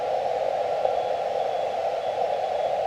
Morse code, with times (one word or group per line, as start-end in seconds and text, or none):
0.8-1.8 RR
2.0-2.7 TU